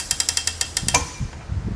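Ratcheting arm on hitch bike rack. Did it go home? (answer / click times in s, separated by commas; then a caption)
yes / 0.1 s, 0.2 s, 0.3 s, 0.4 s, 0.9 s, 1.0 s. After its release lever is pressed, the loading-side ratcheting arm on a Kuat Piston Pro hitch bike rack is lowered so the loading ramp can attach. It ratchets down through a series of sharp metal detent clicks at 0.1, 0.2, 0.3, 0.4, 0.9 and 1.0 seconds, and the arm is seated in position. Softer low thumps and handling noise follow.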